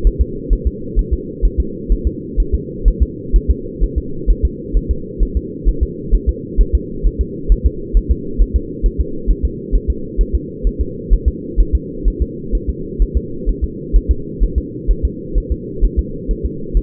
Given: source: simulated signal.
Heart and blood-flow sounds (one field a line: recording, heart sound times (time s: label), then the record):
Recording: fetal heart sounds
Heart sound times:
0.07 s: S1
0.22 s: S2
0.53 s: S1
0.67 s: S2
0.99 s: S1
1.13 s: S2
1.45 s: S1
1.60 s: S2
1.92 s: S1
2.07 s: S2
2.40 s: S1
2.54 s: S2
2.88 s: S1
3.03 s: S2
3.36 s: S1
3.50 s: S2
3.84 s: S1
3.98 s: S2
4.30 s: S1
4.45 s: S2
4.77 s: S1
4.91 s: S2
5.23 s: S1
5.37 s: S2
5.69 s: S1
5.83 s: S2
6.15 s: S1
6.29 s: S2
6.61 s: S1
6.75 s: S2
7.06 s: S1
7.21 s: S2
7.52 s: S1
7.66 s: S2
7.97 s: S1
8.11 s: S2
8.42 s: S1
8.56 s: S2
8.86 s: S1
9.00 s: S2
9.31 s: S1
9.45 s: S2
9.75 s: S1
9.90 s: S2
10.21 s: S1
10.35 s: S2
10.67 s: S1
10.81 s: S2
11.13 s: S1
11.28 s: S2
11.60 s: S1
11.75 s: S2
12.08 s: S1
12.22 s: S2
12.55 s: S1
12.69 s: S2
13.02 s: S1
13.17 s: S2
13.49 s: S1
13.64 s: S2
13.96 s: S1
14.11 s: S2
14.44 s: S1
14.58 s: S2
14.91 s: S1
15.05 s: S2
15.38 s: S1
15.52 s: S2
15.85 s: S1
15.99 s: S2
16.31 s: S1
16.45 s: S2
16.77 s: S1
From the record:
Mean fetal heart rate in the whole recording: 130 bpm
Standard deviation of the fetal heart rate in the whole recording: 2 bpm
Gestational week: 36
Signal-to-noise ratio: -4.3 dB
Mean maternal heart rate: 72 bpm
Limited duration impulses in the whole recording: absent